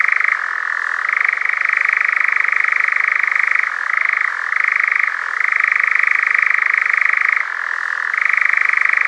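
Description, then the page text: European nightjar churring, a fast continuous mechanical trill that shifts between a lower and a higher pitch several times, with brief dips in between. "European Nightjar Churring - Quick Sounds"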